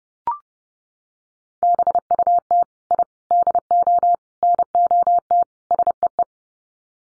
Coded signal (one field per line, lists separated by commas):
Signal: Morse code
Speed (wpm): 30 wpm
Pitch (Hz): 700 Hz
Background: none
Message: BUT I DO NOT SEE